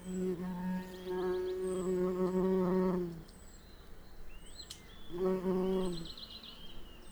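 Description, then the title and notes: Bumblebee flight buzz, a low droning hum with stacked overtones lasting about three seconds, then a second shorter pass, with faint high bird notes above. Bumblebee passing by during a well-advanced morning chorus, 1 June 2020, Piste aux espagnols; recorded with Nagra LB and omni MKH 8020. "Piste aux espagnols. le passage d&#39;un bourdon"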